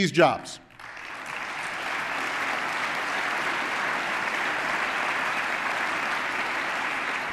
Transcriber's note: applause